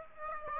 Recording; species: mosquito wingbeat signal from an infrared sensor; Aedes aegypti